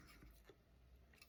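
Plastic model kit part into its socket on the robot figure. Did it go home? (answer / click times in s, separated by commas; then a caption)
no / none. A plastic part of an Altaya Optimus Prime die-cast and plastic robot model kit is handled and pressed toward its socket on the robot figure, producing soft rustling and small handling taps, with a brief sharper tap near 1.2 s. Nothing has seated or clicked yet; the part is not yet home.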